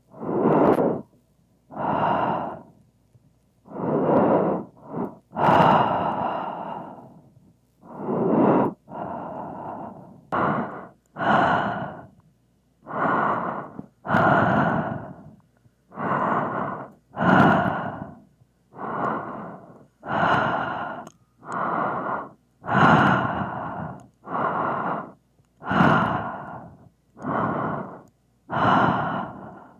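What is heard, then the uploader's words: Close breathing into a microphone, regular loud inhales and exhales about every second or so, each a rushing puff separated by brief silences. ASMR Microphone Breathing.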